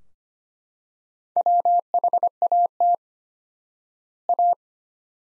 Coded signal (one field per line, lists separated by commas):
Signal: Morse code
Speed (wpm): 25 wpm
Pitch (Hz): 700 Hz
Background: none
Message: WHAT A